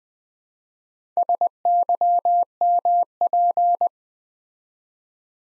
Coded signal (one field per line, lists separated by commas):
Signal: Morse code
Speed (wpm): 20 wpm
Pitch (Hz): 700 Hz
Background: none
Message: SYMP